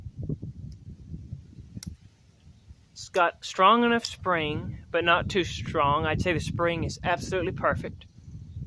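A Queen green bone-handled Barlow slip-joint pocket knife with a carbon steel blade is handled, its blade worked against the backspring that holds it in the handle. Faint ticks and handling taps come early, including a sharper tick near 1.8 s, and someone talks from about 3 s on. The spring is judged strong but not too strong, yet nothing has seated or snapped into place yet.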